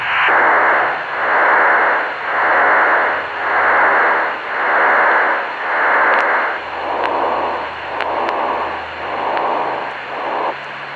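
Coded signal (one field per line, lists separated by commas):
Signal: unidentified radio signal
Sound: hissy wideband data-like noise rising and falling about ten times, warping in pitch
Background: radio static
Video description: It sort of sounds like Stanag 4285 waving off and on the frequency. It could be radar though.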